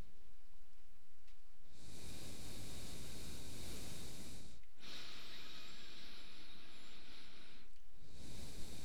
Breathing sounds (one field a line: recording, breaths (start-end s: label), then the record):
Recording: nose breathing near a microphone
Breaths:
1.44-4.52 s: exhalation
4.52-7.75 s: inhalation
7.75-8.85 s: exhalation
From the record:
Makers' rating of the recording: medium